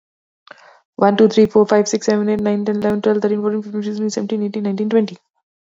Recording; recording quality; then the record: counting at a fast pace; excellent, no background noise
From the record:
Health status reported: COVID-19 positive, mild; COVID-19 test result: positive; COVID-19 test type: RT-PCR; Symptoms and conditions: cold, sore throat, muscle pain, hypertension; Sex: female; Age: 52 years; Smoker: no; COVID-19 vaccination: both doses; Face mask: not worn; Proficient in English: yes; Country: India